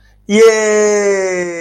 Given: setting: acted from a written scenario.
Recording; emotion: vocal sound without words; triumph